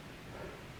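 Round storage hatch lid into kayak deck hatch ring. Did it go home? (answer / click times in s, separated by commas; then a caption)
no / none. A plastic round storage hatch lid is twisted into a kayak deck hatch ring with effort, past the stiff point where dirt or sand on the ridge and seal makes it hard to tighten. Only low, steady rustling handling noise is heard over the 0.8 seconds. Nothing has seated or clicked yet.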